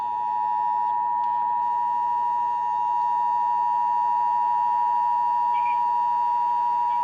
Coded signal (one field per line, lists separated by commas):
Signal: Emergency Alert System (SAME) tones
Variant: 853 and 960 Hz attention tone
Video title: GOODBYE 2019!!! EAS Alerts from 12/3/19 - 12/19/19 (EAS #3,507 - 3,542)